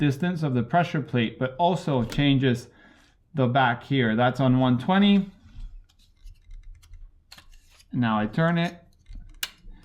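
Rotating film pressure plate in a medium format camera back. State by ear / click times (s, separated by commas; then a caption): seated / 9.4 s. Someone talks while turning the rotating film pressure plate on the back of a Mamiya 7 medium format camera from the 120 setting toward the 220/135 setting, with faint small ticks of handling along the way. At 9.4 s a single sharp click sounds as the plate locks into the 220/135 position.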